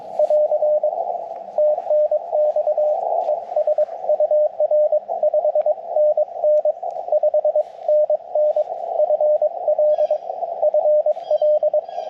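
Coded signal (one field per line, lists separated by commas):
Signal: Morse code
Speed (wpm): 23 wpm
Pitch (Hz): 600 Hz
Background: radio noise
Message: <AR> TNX ES UR 5NN 5NN FL FL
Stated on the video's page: CW Parks on the Air activation with a Yaesu FT-891, Chelegance MC-750 antenna and Bamatech TP-III paddle; many keying mistakes until switching to the Elecraft KX2 keyer.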